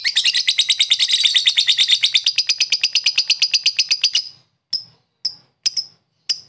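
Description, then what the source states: Lovebird rapid high chatter for about four seconds, then a few isolated sharp notes spaced by short silences. Pet lovebird giving long "ngekek" chatter, used for training other pet birds (masteran).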